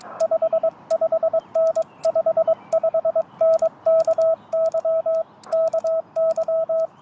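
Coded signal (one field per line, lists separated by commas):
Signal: Morse code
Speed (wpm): 22 wpm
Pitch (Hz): 650 Hz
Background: radio noise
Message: 55N 55N KY KY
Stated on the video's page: CW from a Parks On The Air activation at a state nature preserve, alongside SSB.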